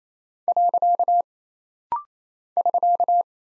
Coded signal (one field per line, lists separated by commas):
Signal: Morse code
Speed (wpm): 29 wpm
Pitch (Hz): 700 Hz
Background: none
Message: . <SK>